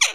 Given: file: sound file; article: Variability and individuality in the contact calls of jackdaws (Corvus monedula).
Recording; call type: jackdaw call; harmonic